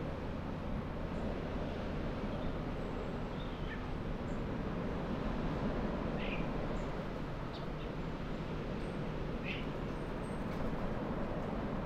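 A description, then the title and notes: At Nothe Fort on the Jurassic coast, a steady, dense low rumble fills all twelve seconds at an even level, like engine or wind roar. A few faint, short bird-like chirps poke through, around six and nine-and-a-half seconds. Nothe Fort on the Jurassic coast of England.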